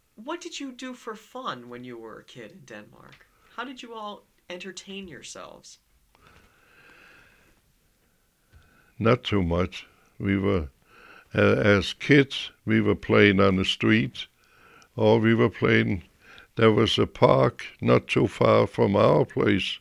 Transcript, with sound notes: What did you do for fun when you were a kid, then? How did you all entertain yourselves?
( he pauses ) Not too much. We were, as kids we were playing on the streets, or we were playing, there was a park not too far from our place